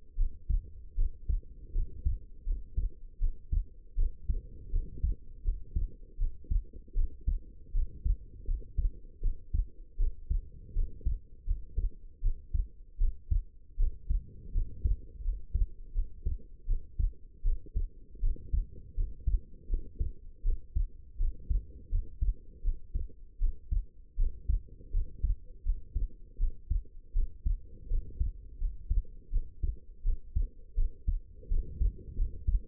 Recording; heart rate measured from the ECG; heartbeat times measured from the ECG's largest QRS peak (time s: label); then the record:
heart sounds by stethoscope; 81 bpm
0.16 s: heartbeat
0.96 s: heartbeat
1.73 s: heartbeat
2.45 s: heartbeat
3.19 s: heartbeat
3.96 s: heartbeat
4.71 s: heartbeat
5.43 s: heartbeat
6.18 s: heartbeat
6.94 s: heartbeat
7.73 s: heartbeat
8.46 s: heartbeat
9.21 s: heartbeat
9.98 s: heartbeat
10.74 s: heartbeat
11.46 s: heartbeat
12.21 s: heartbeat
12.98 s: heartbeat
13.77 s: heartbeat
14.53 s: heartbeat
15.23 s: heartbeat
15.93 s: heartbeat
16.66 s: heartbeat
17.43 s: heartbeat
18.21 s: heartbeat
18.95 s: heartbeat
19.68 s: heartbeat
20.43 s: heartbeat
21.18 s: heartbeat
21.90 s: heartbeat
22.63 s: heartbeat
23.39 s: heartbeat
24.17 s: heartbeat
24.92 s: heartbeat
25.64 s: heartbeat
26.38 s: heartbeat
27.13 s: heartbeat
27.88 s: heartbeat
28.59 s: heartbeat
29.31 s: heartbeat
30.03 s: heartbeat
30.75 s: heartbeat
31.49 s: heartbeat
32.16 s: heartbeat
From the record:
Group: healthy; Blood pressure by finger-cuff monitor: 100/62 mmHg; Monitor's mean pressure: 72 mmHg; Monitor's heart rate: 81 bpm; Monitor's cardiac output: 6.2 L/min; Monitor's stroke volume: 77 mL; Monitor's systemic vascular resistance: 830 dyn s/cm5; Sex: female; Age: 19 years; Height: 163 cm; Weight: 51 kg